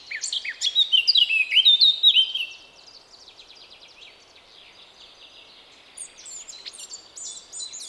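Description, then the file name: Eurasian blackcap song: a loud, fluty warbled phrase, then fainter twittering. "Sylvia atricapilla"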